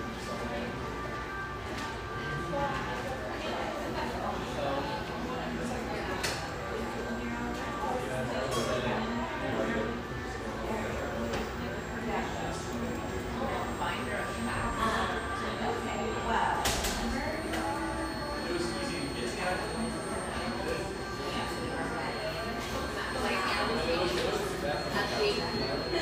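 Lively coffeeshop ambience with many overlapping voices forming a steady, dense murmur throughout. Occasional brief clinks of cups and dishes stand out, including a sharper one around the sixteen-second mark, while a low rumble sits underneath the chatter.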